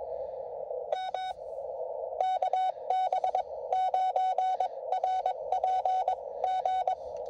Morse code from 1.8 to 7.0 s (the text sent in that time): KB9RPG